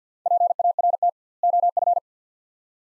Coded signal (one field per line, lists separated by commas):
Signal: Morse code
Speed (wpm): 46 wpm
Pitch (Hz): 700 Hz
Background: none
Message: PART OF